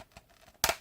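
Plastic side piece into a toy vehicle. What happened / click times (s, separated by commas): The plastic side piece snapped into place / 0.6 s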